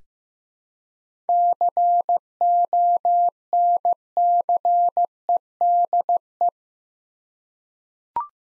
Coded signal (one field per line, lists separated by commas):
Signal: Morse code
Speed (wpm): 15 wpm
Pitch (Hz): 700 Hz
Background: none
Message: CONCEDE